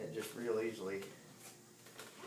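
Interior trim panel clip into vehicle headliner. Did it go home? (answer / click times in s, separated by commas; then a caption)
yes / 2.0 s. Reaching through the door, someone presses an interior body trim panel clip into one of four snap points in a vehicle headliner while talking. A short click is heard at 2.0 s as the clip snaps easily into place and seats.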